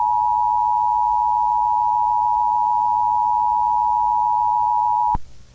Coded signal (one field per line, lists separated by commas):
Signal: Emergency Alert System (SAME) tones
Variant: 853 and 960 Hz attention tone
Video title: TORNADO WATCH EAS SCENARIO (Read Description) Please Do Not Take it Seriously